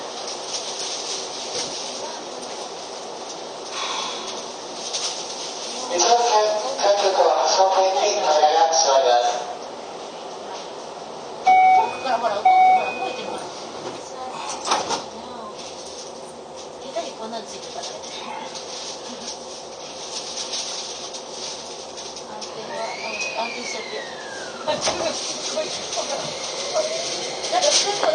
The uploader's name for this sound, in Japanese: 京王5000系 本八幡〜橋本